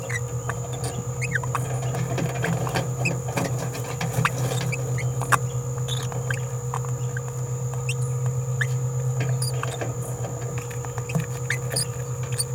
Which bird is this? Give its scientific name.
Forpus passerinus